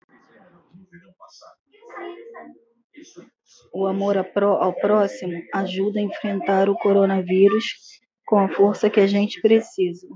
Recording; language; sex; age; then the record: spoken sentence; Brazilian Portuguese; female; 40 to 49 years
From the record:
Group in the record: control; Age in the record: 43 years